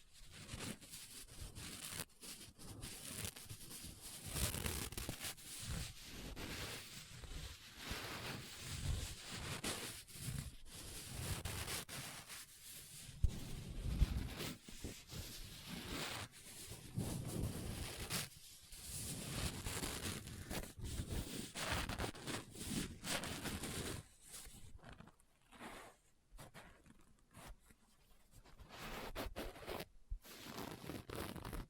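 A book is handled with tapping, scratching and page turning: dense, busy rustling and rubbing sounds run almost without pause, with sharp brighter bursts scattered throughout. The activity thins after about 24 seconds into sparser scrapes and short gaps before picking up again near the end.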